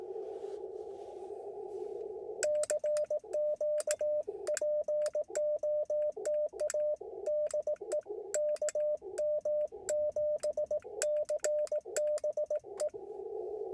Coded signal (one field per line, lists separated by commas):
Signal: Morse code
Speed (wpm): 18 wpm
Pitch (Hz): 600 Hz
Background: radio noise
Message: CQ POTA DE KM7CBE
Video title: Wind, Wire, and QRP — A CW POTA Activation at Montezuma’s Pass